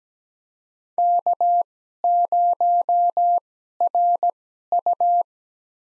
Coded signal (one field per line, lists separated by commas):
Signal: Morse code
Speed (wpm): 17 wpm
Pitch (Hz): 700 Hz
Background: none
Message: K0RU